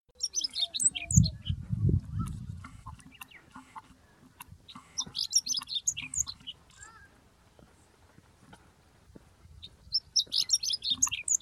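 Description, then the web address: Bird chirps: three bursts of rapid high twittering notes, with low thumping and rustling noises early on. "yacho koe"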